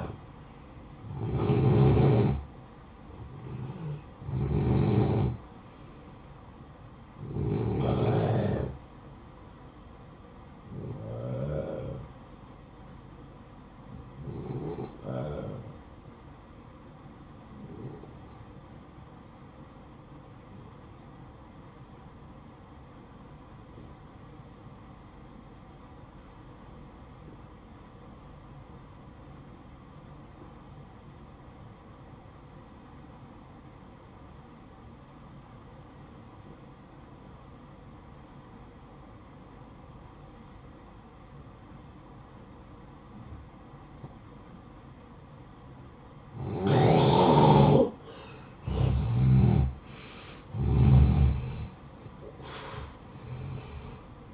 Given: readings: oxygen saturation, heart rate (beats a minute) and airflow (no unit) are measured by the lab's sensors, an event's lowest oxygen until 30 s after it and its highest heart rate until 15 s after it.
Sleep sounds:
breathing in sleep by a smartphone at the bedside; 1
21.00-43.50 s: obstructive apnea (N1, oxygen 95% highest, then 86% lowest, heart rate 57 at the start, 73 highest)
28.00-54.34 s: new sleep stage, N2 (light sleep)
From the record:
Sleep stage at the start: N1 (lightest sleep); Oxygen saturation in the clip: 87 to 95%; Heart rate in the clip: 54 to 70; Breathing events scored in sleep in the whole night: 573 in 9.8 hours asleep

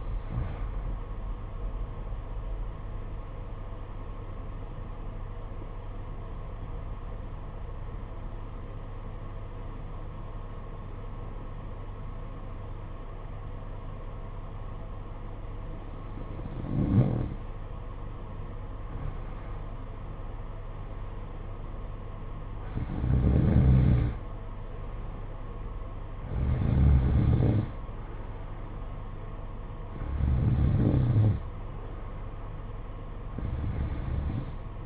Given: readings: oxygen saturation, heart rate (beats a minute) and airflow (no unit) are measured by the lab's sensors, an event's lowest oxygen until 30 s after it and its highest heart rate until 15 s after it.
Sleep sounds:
breathing in sleep by a smartphone at the bedside; 1
7.00-19.50 s: obstructive apnea (N2, oxygen 94% highest, then 88% lowest, heart rate 54 at the start, 61 highest)
From the record:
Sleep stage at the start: N2 (light sleep); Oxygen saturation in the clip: 89 to 94%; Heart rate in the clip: 54 to 61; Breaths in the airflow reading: 7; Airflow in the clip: -9.8 to 9.2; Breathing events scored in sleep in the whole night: 476 in 9.7 hours asleep

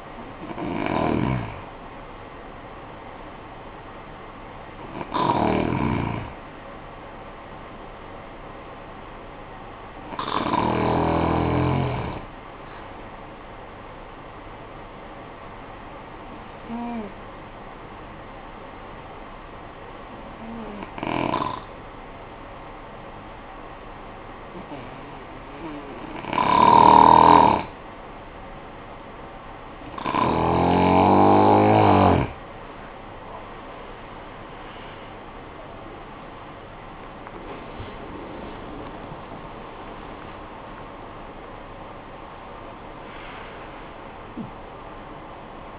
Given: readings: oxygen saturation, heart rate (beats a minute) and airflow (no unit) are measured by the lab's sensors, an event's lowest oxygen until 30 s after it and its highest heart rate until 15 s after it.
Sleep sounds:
breathing in sleep by a voice recorder at the bedside; 1
15.00-31.70 s: hypopnea (N1, oxygen 95% highest, then 87% lowest, heart rate 55 at the start, 91 highest)
From the record:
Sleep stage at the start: N1 (lightest sleep); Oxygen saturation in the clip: 81 to 95%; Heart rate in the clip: 47 to 90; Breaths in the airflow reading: 8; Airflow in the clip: -19.6 to 20.1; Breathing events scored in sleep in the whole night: 445 in 7.6 hours asleep

